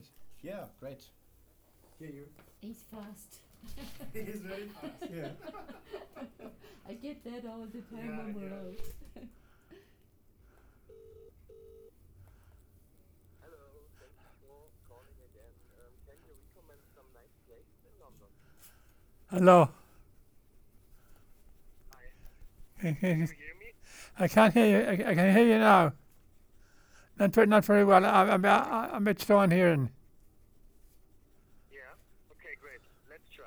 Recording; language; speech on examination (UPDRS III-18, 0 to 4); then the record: conversation on a phone call; English; 1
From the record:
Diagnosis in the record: Parkinson's disease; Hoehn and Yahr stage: 3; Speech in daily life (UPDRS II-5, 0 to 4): 1